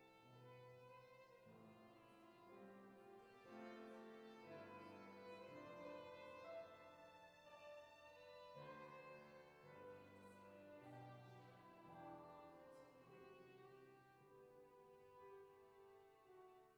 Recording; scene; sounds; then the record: everyday scene through a hearing-aid microphone; reverberant space; music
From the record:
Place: church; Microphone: behind the ear, left, front